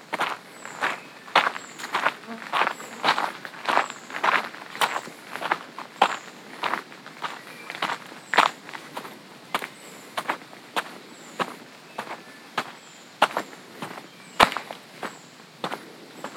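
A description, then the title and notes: A hiker's boots crunch steadily on gravel, about two steps per second, while faint high bird chirps sound in the background throughout. A Walk in the Woods. Sounds of birds singing in the trees, the scuff of hiker’s boots, and crunching gravel underfoot.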